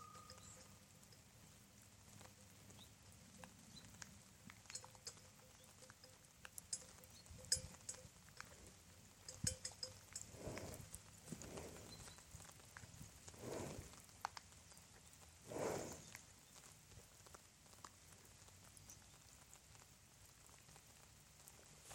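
Summer rain patters with sharp drips while a cow gives several loud, breathy snorts midway, over a low steady hum at first.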